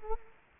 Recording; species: mosquito wingbeat signal from an infrared sensor; Culex quinquefasciatus